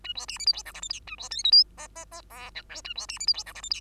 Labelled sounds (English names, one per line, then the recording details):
Bengalese Finch song
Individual Bird2